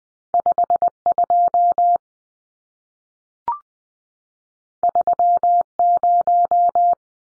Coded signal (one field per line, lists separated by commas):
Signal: Morse code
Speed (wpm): 20 wpm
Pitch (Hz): 700 Hz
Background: none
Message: 52 30